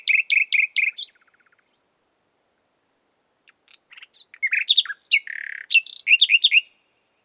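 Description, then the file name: Common nightingale song: a short series of quick repeated chirps, a pause, then a varied run of sharp notes, a buzzy trill and a fast repeated phrase. "Luscinia megarhynchos"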